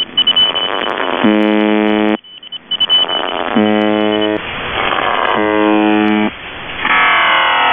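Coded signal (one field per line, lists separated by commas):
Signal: channel marker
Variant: UVB-76 (The Buzzer)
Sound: three harsh low buzzes about a second long, then a warbling multi-tone noise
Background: radio static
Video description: "The Buzzer" is a Russian military radiostation that broadcasts on 4625 kHz.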